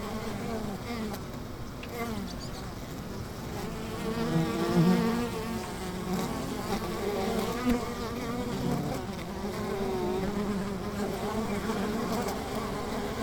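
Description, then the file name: Many bees droning continuously, the hum swelling louder around the middle before settling back to a steady buzz. "bees - a lot of them"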